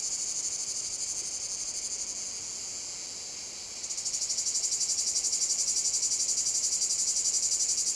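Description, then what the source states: Cicada song, a high buzzing drone that softens for a few seconds, then a louder pulsing buzz kicks in around four seconds and continues. Cicada field at Domaine de la Sablière, Saint-Privat-de-Champclos, France; recorded with a Zoom H6 using an M/S microphone.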